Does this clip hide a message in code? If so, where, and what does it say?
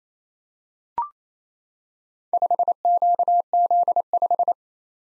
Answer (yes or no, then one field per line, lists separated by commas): yes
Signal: Morse code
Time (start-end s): 2.3-4.5 s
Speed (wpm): 29 wpm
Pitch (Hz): 700 Hz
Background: none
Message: 5QZ5